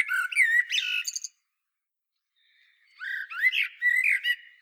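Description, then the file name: Common blackbird singing two mellow warbled phrases, each ending in high squeaky twitters, separated by a pause of about one and a half seconds. "Turdus merula"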